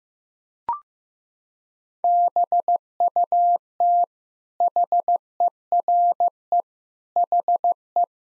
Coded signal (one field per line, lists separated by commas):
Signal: Morse code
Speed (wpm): 16 wpm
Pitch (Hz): 700 Hz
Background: none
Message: BUT HERE HE